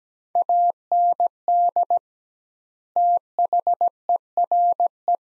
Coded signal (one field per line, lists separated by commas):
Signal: Morse code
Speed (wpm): 17 wpm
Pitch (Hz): 700 Hz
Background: none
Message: AND THERE